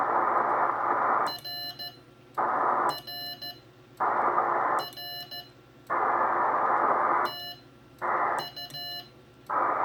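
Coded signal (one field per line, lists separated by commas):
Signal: Morse code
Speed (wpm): 14 wpm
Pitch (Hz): 2900 Hz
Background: radio noise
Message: RRR TU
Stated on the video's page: A CW contact with an operator making his first CW QSO since 1979.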